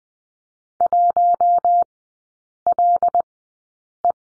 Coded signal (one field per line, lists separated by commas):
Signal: Morse code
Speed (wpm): 20 wpm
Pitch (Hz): 700 Hz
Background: none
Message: 1LE